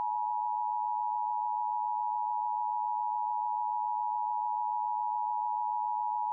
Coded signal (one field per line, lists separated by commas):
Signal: Emergency Alert System (SAME) tones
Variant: 853 and 960 Hz attention tone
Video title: EAS Scenario: The Return Of My Late Grandparents